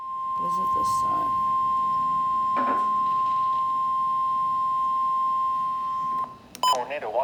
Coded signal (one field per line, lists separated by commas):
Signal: Emergency Alert System (SAME) tones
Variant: 1050 Hz attention tone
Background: speech